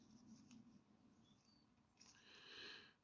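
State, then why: Not seated. An internal part of a Ford Mondeo three-button remote key fob is pressed toward its plastic housing, with low rustling handling noise. Only a faint tap is heard at about 2.0 s, and no clear click follows. The part does not pop back in; nothing has seated or clicked yet.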